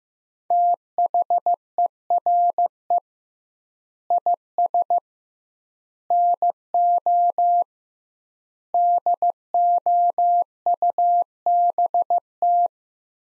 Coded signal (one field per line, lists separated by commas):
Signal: Morse code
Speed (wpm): 15 wpm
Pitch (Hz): 700 Hz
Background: none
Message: THERE IS NO DOUBT